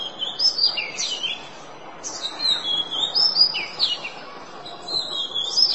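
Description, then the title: Oriental magpie-robin song: varied clear whistled phrases, sweeping up and down, with short pauses between bursts over constant background noise. "Kacer"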